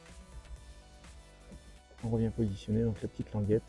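On a Mercedes ML320, the plastic cover of the cabin air filter housing is being repositioned and its small tab lined up. Someone talks over background music, with no sharp sounds. Nothing has seated or clicked yet.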